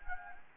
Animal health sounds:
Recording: mosquito wingbeat signal from an infrared sensor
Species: Anopheles gambiae

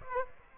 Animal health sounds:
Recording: mosquito wingbeat signal from an infrared sensor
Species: Aedes aegypti

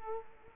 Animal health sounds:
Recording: mosquito wingbeat signal from an infrared sensor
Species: Culex quinquefasciatus

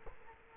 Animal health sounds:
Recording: mosquito wingbeat signal from an infrared sensor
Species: Culex quinquefasciatus

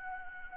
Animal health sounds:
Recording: mosquito wingbeat signal from an infrared sensor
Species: Anopheles gambiae

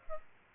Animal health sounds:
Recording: mosquito wingbeat signal from an infrared sensor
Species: Aedes aegypti

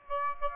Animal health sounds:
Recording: mosquito wingbeat signal from an infrared sensor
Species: Aedes aegypti

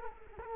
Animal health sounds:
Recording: mosquito wingbeat signal from an infrared sensor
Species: Culex quinquefasciatus

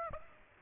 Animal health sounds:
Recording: mosquito wingbeat signal from an infrared sensor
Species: Aedes aegypti

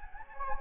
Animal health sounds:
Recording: mosquito wingbeat signal from an infrared sensor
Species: Anopheles gambiae

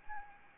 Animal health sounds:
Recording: mosquito wingbeat signal from an infrared sensor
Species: Aedes albopictus

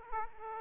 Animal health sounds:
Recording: mosquito wingbeat signal from an infrared sensor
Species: Aedes aegypti

